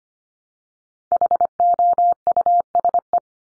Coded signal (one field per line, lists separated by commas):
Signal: Morse code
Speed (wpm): 25 wpm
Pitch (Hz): 700 Hz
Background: none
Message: HOUSE